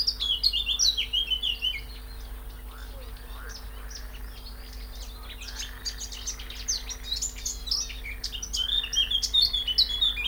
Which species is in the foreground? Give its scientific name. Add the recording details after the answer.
Sylvia atricapilla. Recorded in the wild. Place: Karower Teiche, Naturpark Barnim, Berlin, DE. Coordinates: 52.62, 13.46. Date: 1996-05-19 12:52. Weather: sonnig, 24°C. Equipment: Sony MD-WM MZ-R3, Sennheiser MKH 416 T, Kopie Uher 4000 Report Monitor. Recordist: Tembrock, Günter